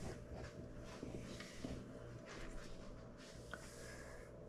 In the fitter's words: so that is even and then it will snap in place